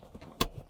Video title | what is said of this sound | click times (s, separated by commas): Control Your 2005-2009 Mustang With Steeda Control Arms! - S197 Review & Install | perfect once you have that down everything kind of falls into place and you hear click on both sides | 0.4 s